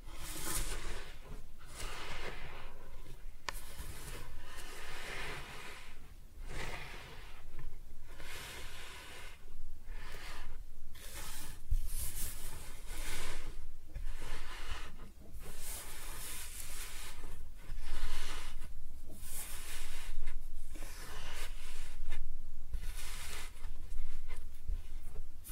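Kinetic sand being cut and scooped, heard as a run of soft, grainy hissing strokes that come every second or so for the whole time. Each stroke swells and fades with a crisp, bright rustle, over a faint low rumble underneath.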